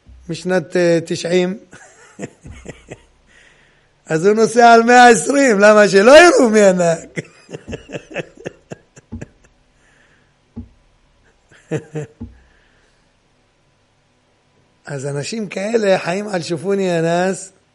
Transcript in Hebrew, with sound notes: משנת 90 אז הוא נוסע על 120 למה שלא יראו [צחוק] נהג אז אנשים כאלה חיים על שופוני הנס